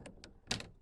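A power drill set to clutch 20, after setting 12 proved too loose, drives a rear screw of the rudder assembly into the plastic hull of a Vibe Shearwater 125 kayak during steering handle installation. Faint short ticks at 0.1 and 0.2 s lead to the loudest sharp crack at 0.5 s, followed by a weaker tick at 0.6 s, as the screw spins out and strips the hole. The screw hole in the hull is stripped and now expanded.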